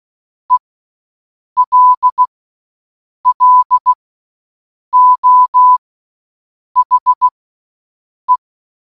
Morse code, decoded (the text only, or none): ELLO HE